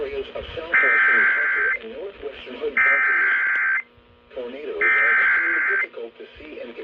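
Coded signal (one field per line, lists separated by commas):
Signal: Emergency Alert System (SAME) tones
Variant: header bursts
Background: speech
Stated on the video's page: Tornado, severe thunderstorm, watch and monthly test alerts from Dallas-Fort Worth NOAA Weather Radio (162.550 MHz) and local AM, FM and TV stations.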